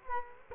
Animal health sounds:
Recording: mosquito wingbeat signal from an infrared sensor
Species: Culex quinquefasciatus

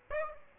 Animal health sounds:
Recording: mosquito wingbeat signal from an infrared sensor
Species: Aedes aegypti

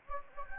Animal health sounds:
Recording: mosquito wingbeat signal from an infrared sensor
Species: Anopheles gambiae

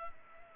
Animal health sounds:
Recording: mosquito wingbeat signal from an infrared sensor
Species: Culex pipiens

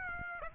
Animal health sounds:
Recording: mosquito wingbeat signal from an infrared sensor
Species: Aedes aegypti

